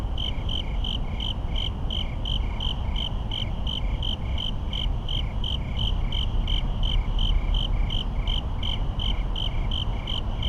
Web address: boom library Urban and Suburban. Suburban night crickets rapid traffic echoes